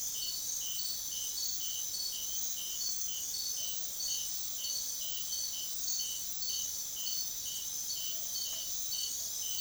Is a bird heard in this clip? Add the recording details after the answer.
no. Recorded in secondary vegetation near Puerto Asís, Putumayo, Colombia, on 24 June 2025 at 03:30. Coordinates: 0.500, -76.326. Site GP08